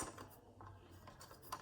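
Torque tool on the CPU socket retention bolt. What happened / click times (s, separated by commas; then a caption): The torque driver clicked out at set torque on the bolt / 1.5 s. A torque tool turns the second retention bolt of a CPU socket frame until it clicks. Several faint ticks and small knocks come from the tool as it turns, then a sharper, louder click at 1.5 s confirms that the torque is reached.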